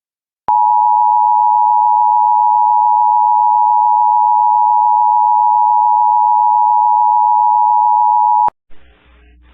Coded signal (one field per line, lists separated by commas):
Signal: Emergency Alert System (SAME) tones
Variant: 853 and 960 Hz attention tone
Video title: EAS Child Abduction Emergency (AMBER Alert) Winston-Salem, North Carolina